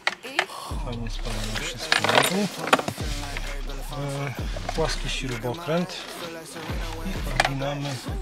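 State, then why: Released. On a Skoda Superb, the plastic latch of the glovebox/cabin filter cover in the dashboard clicks open with a sharp, loud hit at 0.1 s while the panel is held up so it does not fall. Someone then talks over background music as a flat screwdriver is brought in to bend the part. The latch is released.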